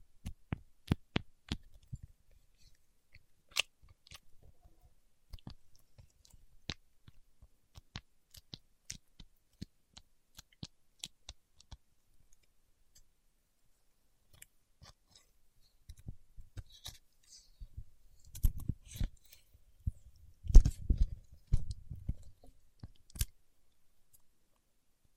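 Paraffin wax being tapped, peeled and scratched: sharp, dry clicks and taps come in quick runs through the first twelve seconds, then thin out. From about sixteen seconds, denser crackling and rough scraping bursts take over, loudest near twenty-one seconds, before stopping abruptly.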